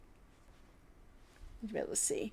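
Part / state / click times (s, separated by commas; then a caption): plastic safety eye back on the eye post through crochet fabric / not seated / none. A plastic safety eye back is held on the eye post through crochet fabric, lined up before being pushed on. Someone talks over quiet handling, and nothing has clicked or seated yet.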